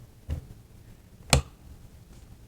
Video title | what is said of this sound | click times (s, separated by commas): SCUF Reflex FPS Gaming Controller PS5 Review | just like the other one clicks right in | 1.3 s